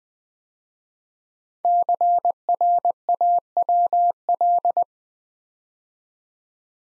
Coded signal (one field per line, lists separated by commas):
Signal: Morse code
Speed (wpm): 20 wpm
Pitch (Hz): 700 Hz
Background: none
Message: CRAWL